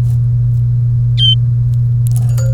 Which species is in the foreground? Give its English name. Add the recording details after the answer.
Domestic Canary. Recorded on 30 April 2018 at 16:17. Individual llb3